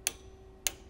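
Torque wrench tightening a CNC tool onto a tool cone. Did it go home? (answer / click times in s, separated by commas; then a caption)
yes / 0.1 s, 0.7 s. A torque wrench tightens a CNC stone tool onto its tool cone until the wrench clicks at its setting. Two sharp clicks at 0.1 s and 0.7 s stand out over a faint steady hum, confirming the tool is tight all the way and ready to use.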